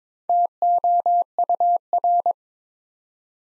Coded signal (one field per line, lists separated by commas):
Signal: Morse code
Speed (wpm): 22 wpm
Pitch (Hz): 700 Hz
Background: none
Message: TOUR